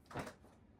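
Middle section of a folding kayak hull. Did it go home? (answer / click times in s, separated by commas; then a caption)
no / none. The middle section of the hull of an Oru Kayak Bay ST folding plastic kayak is handled as it is pressed toward its place, giving a short broadband rustling scrape from about 0.1 to 0.3 s before fading to quiet. Nothing has seated or clicked into place yet.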